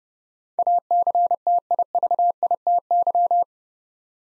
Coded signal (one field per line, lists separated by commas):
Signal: Morse code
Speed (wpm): 30 wpm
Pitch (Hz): 700 Hz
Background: none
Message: ACTIVITY